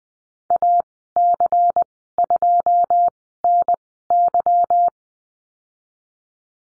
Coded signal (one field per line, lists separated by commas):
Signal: Morse code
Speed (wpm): 20 wpm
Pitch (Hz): 700 Hz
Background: none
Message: AC2NY